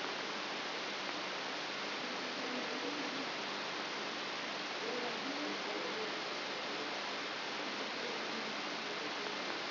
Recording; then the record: brain microelectrode recording played as sound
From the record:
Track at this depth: inside the subthalamic nucleus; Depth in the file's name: 4.901 mm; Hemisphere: left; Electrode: 3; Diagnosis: Parkinson's disease